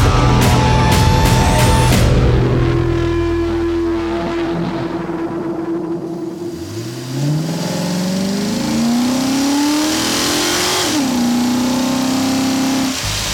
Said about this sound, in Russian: Торн снова дал полный ход и выехал на дорогу, обогнув каменный угол дома. Машина понеслась в сторону шоссе.